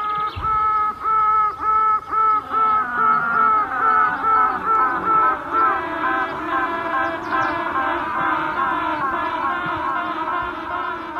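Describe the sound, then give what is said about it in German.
Tooting queen bees recorded in a beehive, mixed into a bee-sound music project: a steady run of short, buzzy, mid-pitched harmonic toots pulsing several times a second, the notes thickening into an overlapping drone later on, with no talking. “sie haben tutende Königinnen in ihr Bienenklangprojekt gemischt. Geräusche aus dem Bienenstock, die man nicht vermuten würde.”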